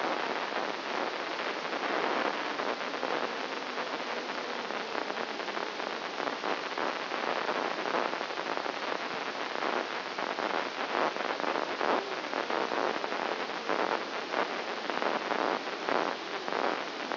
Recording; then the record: brain microelectrode recording played as sound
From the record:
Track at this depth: inside the subthalamic nucleus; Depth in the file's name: 1.456 mm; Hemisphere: left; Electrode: 1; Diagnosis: Parkinson's disease